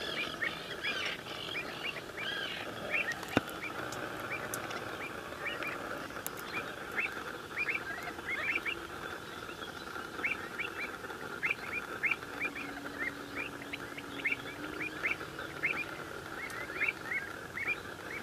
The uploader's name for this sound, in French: échasses blanches